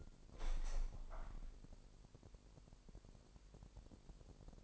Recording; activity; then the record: daily activity, microphone in the room; open window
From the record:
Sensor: 5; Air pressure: 1000.5 hPa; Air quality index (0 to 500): 249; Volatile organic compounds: 35 ppm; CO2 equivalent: 3068 ppm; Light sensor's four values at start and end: 33/77/31/29 and 34/78/31/29